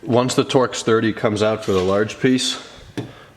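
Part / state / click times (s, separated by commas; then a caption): plastic seat rail trim cover on the seat's steel floor rail / released / 3.0 s. On a BMW E39, after the T30 Torx bolt is removed, the plastic seat rail trim cover is pried free of the seat's steel floor rail. Someone talks, then a single sharp tick is heard at 3.0 seconds as the cover pops out and is released.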